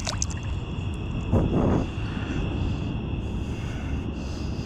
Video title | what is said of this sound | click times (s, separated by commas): Polaris Quattro P40 Installation | don't know how you can see that it's got a little notch basically turn and then it snaps into place | 0.2 s